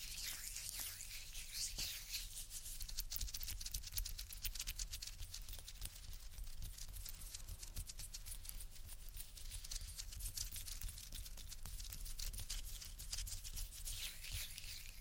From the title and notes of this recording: ASMR INTENSE Ear Attention Triggers (Tapping, Rubbing, Cupping, Lotion, Latex).